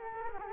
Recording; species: mosquito wingbeat signal from an infrared sensor; Culex quinquefasciatus